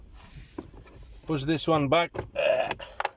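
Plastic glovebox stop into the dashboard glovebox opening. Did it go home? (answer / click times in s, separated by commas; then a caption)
yes / 3.0 s. A plastic glovebox side stop is pushed back into the glovebox opening in the dashboard of a Honda HR-V during reassembly after a cabin filter change, while someone talks. It snaps into place with a sharp click at 3.0 s and is seated.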